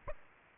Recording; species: mosquito wingbeat signal from an infrared sensor; Aedes aegypti